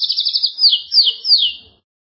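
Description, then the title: Belgian canary song: a fast trill of high notes followed by three loud descending sweeping phrases, then silence. "Canario Belga"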